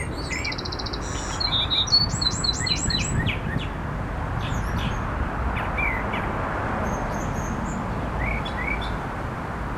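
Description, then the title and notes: Northern mockingbird song opening with a harsh rattling phrase, then several repeated looping whistles, followed by scattered sharp chirps and short notes against constant low background noise. Recorded in the Dallas-Fort Worth area. "DFW-mockingbird by Christie Mullen"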